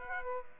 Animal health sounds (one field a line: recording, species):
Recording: mosquito wingbeat signal from an infrared sensor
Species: Aedes aegypti